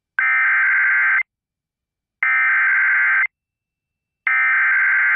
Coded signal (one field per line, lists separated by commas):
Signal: Emergency Alert System (SAME) tones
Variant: header bursts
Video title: IT JUST NEVER STOPS... | EAS Alerts from 6/20/2022 (EAS #1202-1233)